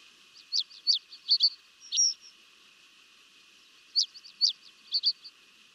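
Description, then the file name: Savannah sparrow singing a high, thin song of sharp ticking notes and a short stutter ending in a flat buzz, then a second song that stops before its buzz. "Savsparv"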